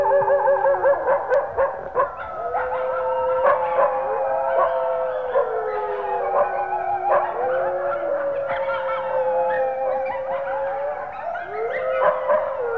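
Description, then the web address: Wolf: wolves in a noisy chorus of overlapping howls, yips and wavering cries, continuous and busy throughout. "DESN 275 sound Library animals Howling Wolves"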